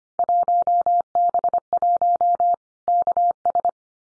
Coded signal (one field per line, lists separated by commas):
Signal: Morse code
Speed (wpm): 25 wpm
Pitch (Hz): 700 Hz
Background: none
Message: 1B1 KS